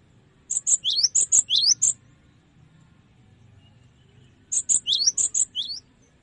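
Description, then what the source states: Cinereous tit song: two bursts of bright, high whistled notes mixed with sweeping slurred notes, the bursts about four seconds apart. Masteran-style training recording for teaching songbirds.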